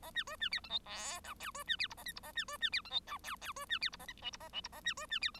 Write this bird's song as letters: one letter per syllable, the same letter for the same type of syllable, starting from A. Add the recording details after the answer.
A B C B D E F G H I C B D J A K J A B C B D E F H I I C B D J A K L J A L J A B C B D E. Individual Bird1